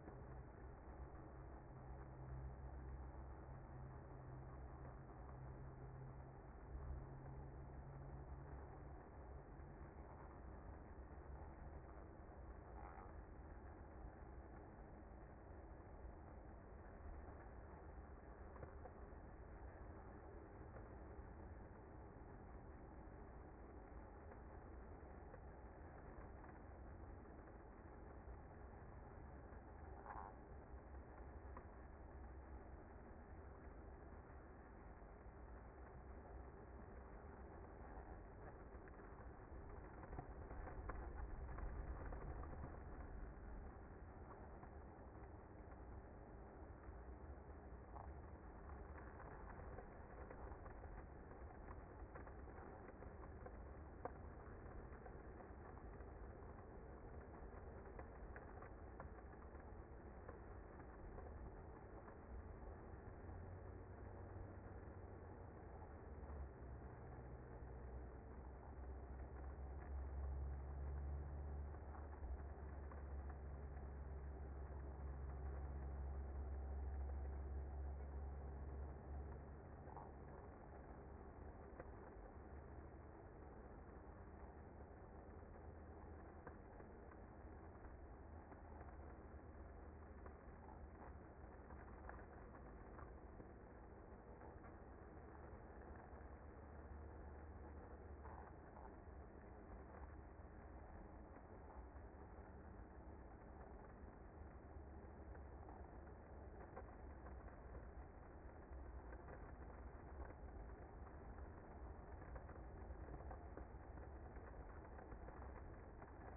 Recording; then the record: honeybee colony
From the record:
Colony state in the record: active